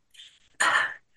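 A faint, breathy intake is followed by a single short, harsh, partly voiced burst lasting under half a second: one cough or throat clear from an adult woman with an ongoing cough.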